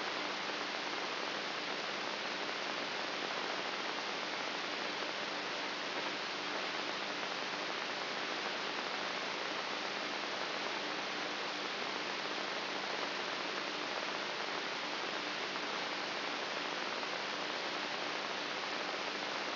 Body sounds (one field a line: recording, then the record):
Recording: brain microelectrode recording played as sound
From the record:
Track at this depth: inside the subthalamic nucleus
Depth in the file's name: 5.64 mm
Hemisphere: right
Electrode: 3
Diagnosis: Parkinson's disease